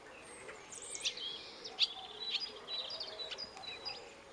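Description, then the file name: European robin uttering a rapid run of thin, high, twittering and sliding notes. "Erithacus rubecula"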